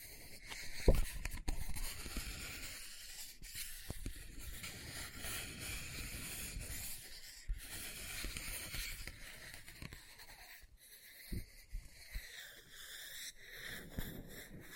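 Scratching and rubbing on a book, with a dense, rustling texture that runs the whole fifteen seconds. Sharp taps stand out near one second, around four, seven and a half, and again in a cluster between eleven and thirteen seconds.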